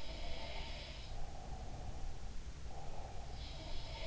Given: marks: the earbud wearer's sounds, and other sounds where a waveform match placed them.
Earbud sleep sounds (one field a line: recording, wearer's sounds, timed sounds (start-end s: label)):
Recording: sounds in sleep by an in-ear microphone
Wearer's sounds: breath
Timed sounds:
0.00-0.95 s: sound from someone else or the room
1.06-3.40 s: breath
3.49-4.07 s: sound from someone else or the room